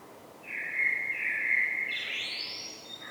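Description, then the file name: Common blackbird singing one drawn-out fluty phrase that climbs into a high thin squeaky ending, with soft background hiss. "Turdus merula"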